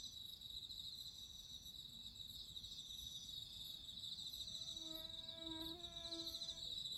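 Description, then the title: Crickets sing a dense, shrill continuous trill while a lower buzzing, harmonic tone joins in and wavers during the second half. Crickets singing at midnight. "Listen to nature crickets singing at midnight"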